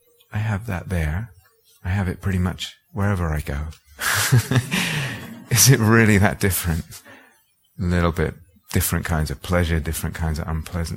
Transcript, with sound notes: I have that there. I have it pretty much wherever I go. [laughter] Is it really that different? Little bit different kinds of pleasure, different kinds of unpleasant.